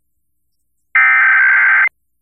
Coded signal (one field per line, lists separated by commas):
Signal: Emergency Alert System (SAME) tones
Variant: header bursts